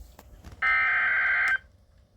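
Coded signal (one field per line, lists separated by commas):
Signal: Emergency Alert System (SAME) tones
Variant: header bursts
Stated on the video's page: Alerts received on a Radio Shack weather radio, including a tornado warning; one recording has corrupted audio.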